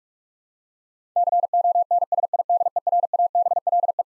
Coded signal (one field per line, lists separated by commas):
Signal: Morse code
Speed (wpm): 42 wpm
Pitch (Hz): 700 Hz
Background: none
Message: CONSIDERABLE